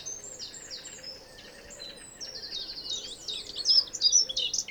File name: Chloris chloris